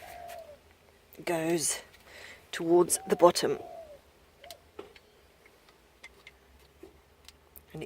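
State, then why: Seated. A pool chlorinator cartridge is inserted wide end toward the bottom and pushed into its seat in the plastic housing while someone talks. Several short plastic knocks and taps follow, and a sharp click at 7.6 s marks the cartridge clicking into place, seated.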